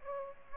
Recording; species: mosquito wingbeat signal from an infrared sensor; Aedes aegypti